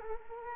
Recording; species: mosquito wingbeat signal from an infrared sensor; Culex quinquefasciatus